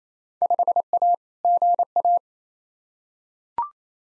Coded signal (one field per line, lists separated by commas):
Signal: Morse code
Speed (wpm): 28 wpm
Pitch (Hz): 700 Hz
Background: none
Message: 5A GA